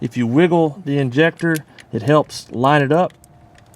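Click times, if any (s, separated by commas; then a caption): none. Someone talks while a remanufactured diesel injector, detent balls facing up, is pushed and wiggled to line it up with its bore in the cylinder head of a 3rd Gen Cummins. Speech fills most of the clip, followed by a quiet stretch with two faint ticks near 3.6 and 3.7 seconds. Nothing has seated or clicked into the groove yet.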